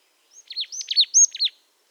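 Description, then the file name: Marsh tit giving a brisk series of several high, swooping notes run together in about a second. "Poecile palustris"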